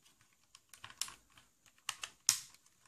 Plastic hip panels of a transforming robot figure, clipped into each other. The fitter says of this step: enclencher donc ces deux parties là.